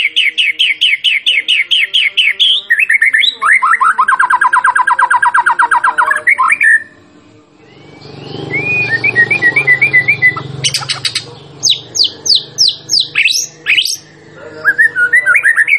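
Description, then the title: White-rumped shama song with long rapid trills of rolling notes, a brief quieter stretch with low hum, then varied whistles and loud spaced notes. Champion bird; masteran (training) recording. "Masteran Murai Batu Juara"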